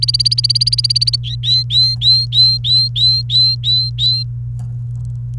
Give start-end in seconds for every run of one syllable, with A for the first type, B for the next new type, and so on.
0.00-1.16 A, 1.24-4.23 B